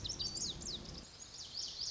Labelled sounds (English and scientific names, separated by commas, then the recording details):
Lazuli Bunting (Passerina amoena)
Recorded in Sonoma County, California